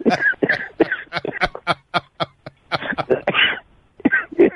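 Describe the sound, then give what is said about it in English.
A person coughs and clears their throat repeatedly, a fast run of short, sharp, raspy bursts with brief gaps, ending in a couple of heavier, rougher throat-clearing hacks. “I have a little cough, sorry.”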